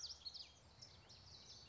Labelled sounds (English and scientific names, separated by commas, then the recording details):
Common Yellowthroat (Geothlypis trichas)
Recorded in Sonoma County, California